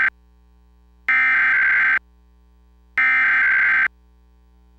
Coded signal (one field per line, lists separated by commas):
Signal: Emergency Alert System (SAME) tones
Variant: header bursts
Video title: (EAS #68) Optimum / Suddenlink - Ohio's Required Monthly Test (Parkersburg, WV) (03/19/2025)